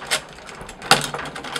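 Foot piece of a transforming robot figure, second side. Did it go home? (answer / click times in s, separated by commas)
yes / 0.9 s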